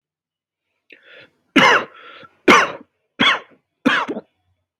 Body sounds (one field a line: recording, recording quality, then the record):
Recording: heavy voluntary cough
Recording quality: excellent, no background noise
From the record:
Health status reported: healthy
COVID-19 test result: not tested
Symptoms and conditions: none ticked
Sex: male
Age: 25 years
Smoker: yes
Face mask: not worn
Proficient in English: yes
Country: India